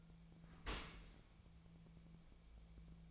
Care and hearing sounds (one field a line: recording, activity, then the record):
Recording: daily activity, microphone in the room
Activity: open dishwasher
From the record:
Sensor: 1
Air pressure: 1000.5 hPa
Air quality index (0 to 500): 181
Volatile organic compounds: 4 ppm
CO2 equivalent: 1668 ppm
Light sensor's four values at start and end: 11/26/11/12 and 11/26/11/12